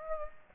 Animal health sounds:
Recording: mosquito wingbeat signal from an infrared sensor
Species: Aedes aegypti

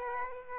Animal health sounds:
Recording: mosquito wingbeat signal from an infrared sensor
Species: Aedes aegypti

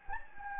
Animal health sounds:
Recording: mosquito wingbeat signal from an infrared sensor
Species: Anopheles gambiae

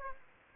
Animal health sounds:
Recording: mosquito wingbeat signal from an infrared sensor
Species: Aedes aegypti

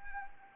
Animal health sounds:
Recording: mosquito wingbeat signal from an infrared sensor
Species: Anopheles arabiensis

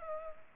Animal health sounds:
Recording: mosquito wingbeat signal from an infrared sensor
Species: Culex pipiens

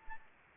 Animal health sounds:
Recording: mosquito wingbeat signal from an infrared sensor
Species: Anopheles gambiae

